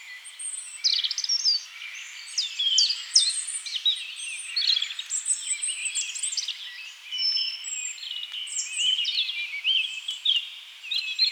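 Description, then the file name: European robin giving rich, high, jumbled song phrases with fast slurred notes and short pauses between louder bursts. "Erithacus rubecula"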